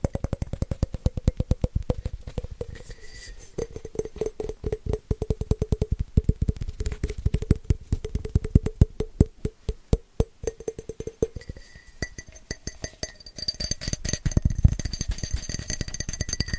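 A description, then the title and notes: Fast, scratchy tapping runs nonstop in dense, slightly uneven bursts, with a steady low tone underneath and a bright whine toward the end. ASMR Fast & Scratchy Tapping (No Talking).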